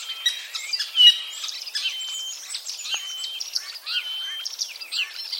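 Common starling calls, a dense run of clicks, short whistles and rattling notes with one brief bright whistle near the first second, steady chatter throughout.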